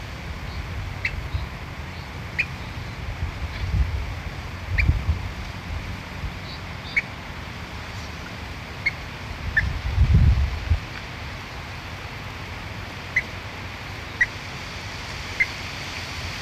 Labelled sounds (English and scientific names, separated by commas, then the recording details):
Little Crake (Porzana parva) call
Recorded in the wild
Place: Illmitz, AT
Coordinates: 47.7544, 16.7631
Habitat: wetland
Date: 1963-08-17 06:15
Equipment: Uher Report 4000, AKG D190
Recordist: Krey, Winfried
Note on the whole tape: (Rufe.)